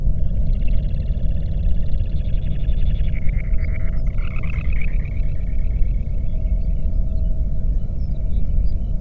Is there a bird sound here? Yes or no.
yes